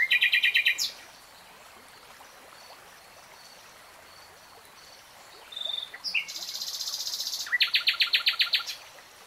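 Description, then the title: Nightingale song: fast chattering bursts of repeated notes separated by quiet gaps, with a thin whistle and a buzzy trill in between. Singing, recorded in real time. "[Tiếng chim hót] 3 Hours REALTIME Nightingale Singing"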